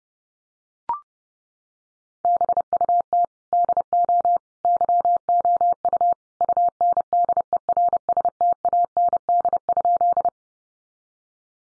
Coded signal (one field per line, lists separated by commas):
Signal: Morse code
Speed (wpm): 28 wpm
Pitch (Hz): 700 Hz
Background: none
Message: BUT DO YOU UNDERSTAND?